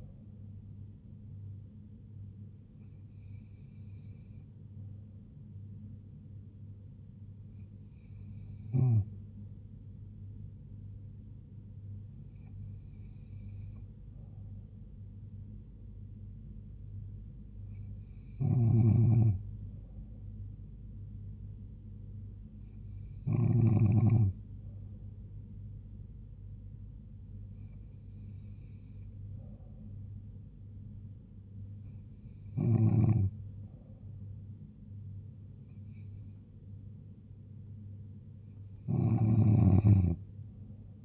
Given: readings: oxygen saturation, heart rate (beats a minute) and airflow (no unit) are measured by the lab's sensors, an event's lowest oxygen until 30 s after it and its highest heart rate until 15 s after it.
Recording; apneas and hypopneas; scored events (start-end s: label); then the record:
breathing in sleep by a smartphone at the bedside; none
none scored
From the record:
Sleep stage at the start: N2 (light sleep); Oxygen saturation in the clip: 94%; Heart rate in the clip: 70 to 76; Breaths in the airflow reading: 9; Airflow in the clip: -2.9 to 2.2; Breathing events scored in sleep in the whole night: 158 in 7.3 hours asleep